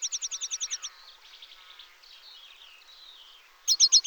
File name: Grasset De Muntanya